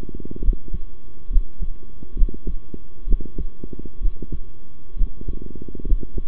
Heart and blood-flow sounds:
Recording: heart sounds by stethoscope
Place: between the tricuspid and mitral areas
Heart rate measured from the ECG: 66 bpm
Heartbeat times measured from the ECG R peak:
0.42 s: heartbeat
1.29 s: heartbeat
2.15 s: heartbeat
3.06 s: heartbeat
4.00 s: heartbeat
4.96 s: heartbeat
5.85 s: heartbeat
From the record:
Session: rest, sitting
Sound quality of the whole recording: good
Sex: male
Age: 23 years

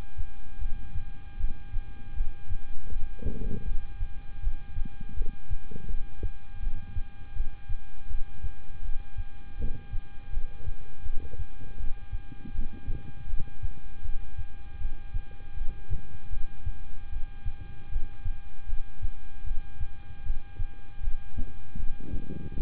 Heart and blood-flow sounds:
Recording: heart sounds by stethoscope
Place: between the tricuspid and mitral areas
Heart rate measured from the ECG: 79 bpm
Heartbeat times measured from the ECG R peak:
0.59 s: heartbeat
1.37 s: heartbeat
2.14 s: heartbeat
2.89 s: heartbeat
3.64 s: heartbeat
4.40 s: heartbeat
5.14 s: heartbeat
5.87 s: heartbeat
6.60 s: heartbeat
7.33 s: heartbeat
8.08 s: heartbeat
8.82 s: heartbeat
9.57 s: heartbeat
10.30 s: heartbeat
11.03 s: heartbeat
11.77 s: heartbeat
12.52 s: heartbeat
13.27 s: heartbeat
14.02 s: heartbeat
14.78 s: heartbeat
15.54 s: heartbeat
16.30 s: heartbeat
17.10 s: heartbeat
17.89 s: heartbeat
18.66 s: heartbeat
19.44 s: heartbeat
20.23 s: heartbeat
21.01 s: heartbeat
21.76 s: heartbeat
22.54 s: heartbeat
From the record:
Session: rest, lying down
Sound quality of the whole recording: good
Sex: male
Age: 26 years

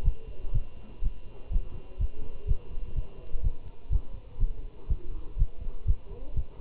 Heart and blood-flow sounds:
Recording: heart sounds by stethoscope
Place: between the tricuspid and mitral areas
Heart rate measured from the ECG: 123 bpm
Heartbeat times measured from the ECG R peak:
0.05 s: heartbeat
0.54 s: heartbeat
1.04 s: heartbeat
1.53 s: heartbeat
2.00 s: heartbeat
2.48 s: heartbeat
2.96 s: heartbeat
3.35 s: heartbeat
3.92 s: heartbeat
4.40 s: heartbeat
4.90 s: heartbeat
5.39 s: heartbeat
5.88 s: heartbeat
6.37 s: heartbeat
From the record:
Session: Bruce protocol treadmill stress test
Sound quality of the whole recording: good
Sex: male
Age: 25 years

